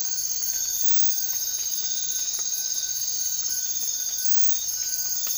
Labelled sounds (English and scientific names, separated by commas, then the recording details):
none
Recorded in dense forest near Puerto Asís, Putumayo, Colombia, on 24 March 2025 at 02:30
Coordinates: 0.503, -76.323
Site GP09